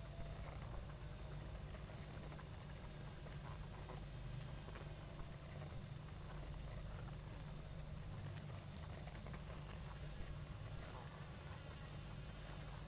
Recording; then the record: honeybee colony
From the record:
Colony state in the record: active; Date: 28 July 2017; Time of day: 20:10